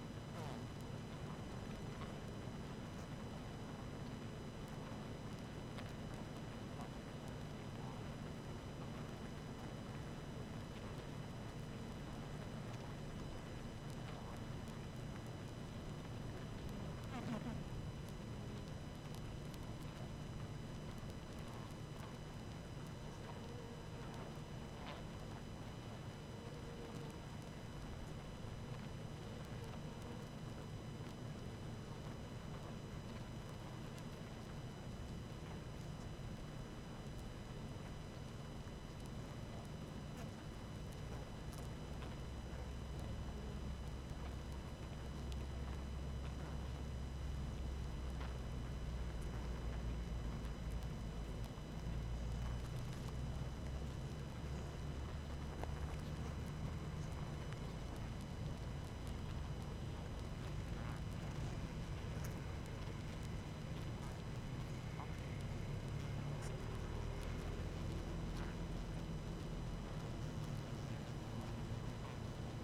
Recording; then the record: honeybee colony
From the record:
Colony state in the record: active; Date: 12 June 2018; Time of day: 18:23